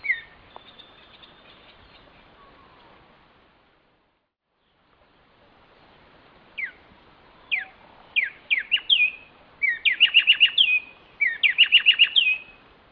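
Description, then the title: Bird song: after a faint start and a brief silence, sharp descending whistled notes come one by one, then build into rapid, bright trilled phrases near the end. "LuckyPassaro Completos2Sama"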